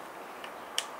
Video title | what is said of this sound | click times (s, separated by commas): Comment Changer la Coque Hoverboard 6.5" et 10", Tutoriel Hoverboard | voilà on entendu c'est bon au | 0.8 s